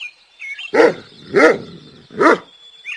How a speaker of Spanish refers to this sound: ¡Ladra! ¡Está ladrando!